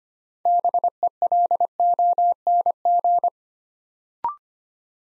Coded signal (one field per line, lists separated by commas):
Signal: Morse code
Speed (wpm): 25 wpm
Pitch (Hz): 700 Hz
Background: none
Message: BELONG